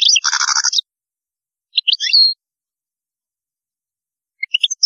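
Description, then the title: European goldfinch song: a harsh buzzy trill, then a pause, a short twittering phrase with a slurred whistle, and scattered chirps at the end. "Chant Chardonneret"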